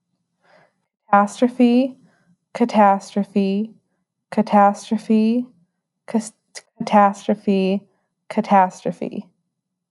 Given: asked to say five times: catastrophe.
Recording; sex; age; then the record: repeated word; female; 20 to 29 years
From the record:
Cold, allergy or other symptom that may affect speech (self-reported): no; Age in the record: 21 years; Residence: Illinois, United States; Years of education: 15